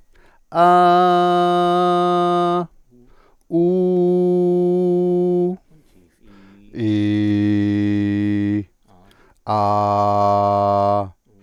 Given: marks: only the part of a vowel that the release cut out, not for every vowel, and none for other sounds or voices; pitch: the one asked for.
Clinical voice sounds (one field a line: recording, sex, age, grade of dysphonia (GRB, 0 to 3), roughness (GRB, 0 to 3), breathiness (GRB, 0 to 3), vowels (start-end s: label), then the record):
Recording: sustained vowels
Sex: male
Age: 40 to 49 years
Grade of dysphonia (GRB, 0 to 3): 0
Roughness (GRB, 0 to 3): 0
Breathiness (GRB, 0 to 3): 0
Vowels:
0.80-2.50 s: vowel /a/, high pitch
3.68-5.42 s: vowel /u/, high pitch
6.89-8.52 s: vowel /i/, low pitch
9.60-10.94 s: vowel /a/, low pitch
From the record:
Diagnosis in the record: healthy voice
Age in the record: 49 years